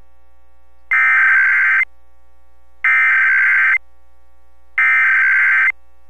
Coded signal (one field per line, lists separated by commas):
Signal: Emergency Alert System (SAME) tones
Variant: header bursts